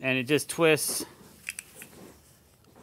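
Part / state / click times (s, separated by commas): gate latch mounting piece into its bracket on a fence post / seated / 1.5 s, 1.6 s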